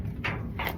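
A torque wrench tightens a lug nut on a car wheel to its set torque. Two broad bursts of noise come from the wrench, and then sharp clicks at 0.6 s and 0.7 s show the nut has reached the wrench setting, which is confirmed.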